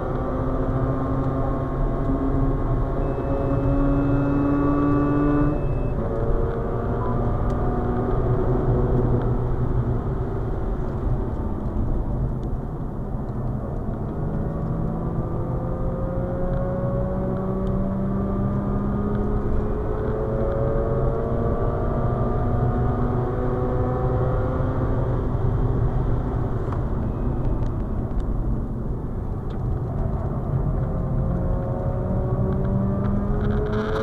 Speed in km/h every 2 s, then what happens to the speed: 118, 126, 133, 142, 134, 92, 92, 103, 114, 127, 136, 148, 138, 92, 76, 82, 103.
0-7 speeds up to 142. 7-10 brakes to 92. 12-23 speeds up to 148. 23-28 brakes to 76. 28-34 speeds up to 103.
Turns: 8-16, 26-30.